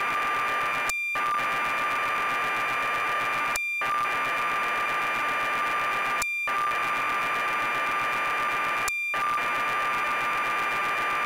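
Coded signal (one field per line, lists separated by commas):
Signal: computer data on cassette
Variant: BBC Micro, 1200 baud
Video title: BBC Micro: Elite by Acornsoft (Loading from tape)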